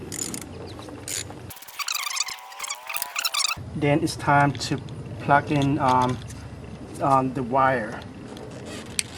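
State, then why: Seated. A wiring harness connector is pushed onto a freshly installed ignition coil on the engine of a 9th-generation Toyota Corolla (2001–2008 model years) while someone talks. A single sharp click at 9.0 s marks the connector seating in place so it stays connected.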